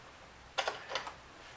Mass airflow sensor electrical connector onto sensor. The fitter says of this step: the click you're not really going to hear but you'll feel it and then just lock it back into place now we're good